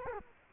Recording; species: mosquito wingbeat signal from an infrared sensor; Culex quinquefasciatus